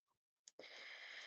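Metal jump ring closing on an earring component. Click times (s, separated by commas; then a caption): 0.5 s. A metal jump ring holding an earring component is closed with pliers, giving a short, bright click at 0.5 s after a faint soft rustle near the start. From about 0.6 s, a steady broadband hiss continues to the end. The jump ring clicks closed and is seated.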